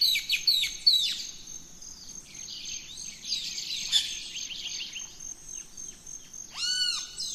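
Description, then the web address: Birds in a dawn chorus: quick descending whistles at the start, jumbled chirping through the middle, and a clear arching whistle near the end, with a steady high insect tone behind. Dawn chorus of rainforest birds, Gran Sabana, Venezuela. "Birds in the Rainforest 03 Dawn Venezuela Gran Sabana"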